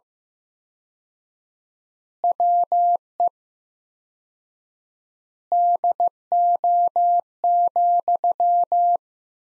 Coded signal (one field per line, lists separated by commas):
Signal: Morse code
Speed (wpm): 15 wpm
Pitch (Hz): 700 Hz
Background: none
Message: WE DO,